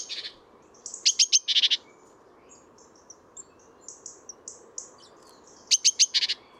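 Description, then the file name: Great tit calls: clusters of sharp, high, quickly repeated chirps at the start and again near the end, with faint soft notes scattered between them. "Parus major"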